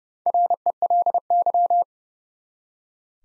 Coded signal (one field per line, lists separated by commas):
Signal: Morse code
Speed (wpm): 30 wpm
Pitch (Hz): 700 Hz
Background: none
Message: RELY